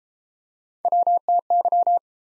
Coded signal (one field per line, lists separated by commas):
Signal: Morse code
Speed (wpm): 30 wpm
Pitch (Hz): 700 Hz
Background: none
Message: WTY